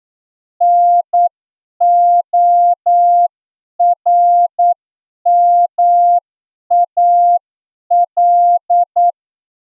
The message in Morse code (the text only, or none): NORMAL